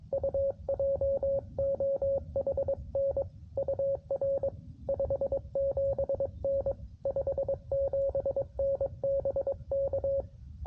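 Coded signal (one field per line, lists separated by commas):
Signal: Morse code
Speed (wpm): 22 wpm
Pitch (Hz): 550 Hz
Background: radio noise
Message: U JOHN UR 57N 57N BK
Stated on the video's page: Morse from a Parks on the Air and WWFF activation on 10 meters, sent with a field paddle on a QRP Labs QMX High-Band rig into an end-fed half-wave antenna.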